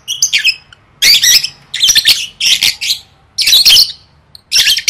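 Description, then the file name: Lovebird giving loud, raspy squawks in bursts with short gaps, with a few thinner chirps. "tieng vet mau don"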